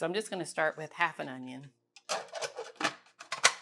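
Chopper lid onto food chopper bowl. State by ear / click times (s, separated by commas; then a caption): seated / 3.4 s. Someone talks, then a chopper lid is fitted onto a food chopper bowl holding half an onion and turned, making handling noise and a few short hits. The last and loudest hit, at 3.5 s, is the lid locking into place.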